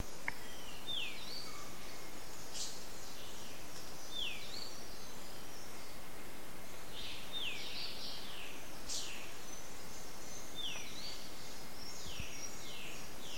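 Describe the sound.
Rufous-backed honeyeater calls: thin whistled notes sliding downward, repeated every few seconds, mixed with other faint descending bird notes over a steady hiss of background noise.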